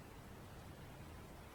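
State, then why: Not seated. A steel oil control ring rail is gently walked down around a piston, on top of the spacer, toward the piston ring groove during a 460 engine build. Only a steady broadband hiss with a low rumble is heard, with no sharp hits. Nothing has seated or clicked yet.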